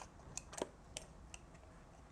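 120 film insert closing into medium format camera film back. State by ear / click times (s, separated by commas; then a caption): not seated / none. A 120 film roll is being handled into the film insert of a Mamiya 645 medium-format camera film back, giving a few short, sharp plastic-like ticks and handling taps over low background noise. The insert has not yet been closed, and nothing has seated or clicked yet.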